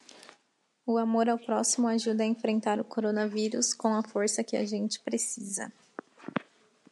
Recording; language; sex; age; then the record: spoken sentence; Brazilian Portuguese; female; 20 to 29 years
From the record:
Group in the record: control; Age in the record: 25 years